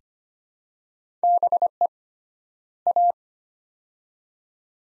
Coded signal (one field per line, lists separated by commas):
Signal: Morse code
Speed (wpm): 25 wpm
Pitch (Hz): 700 Hz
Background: none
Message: BE A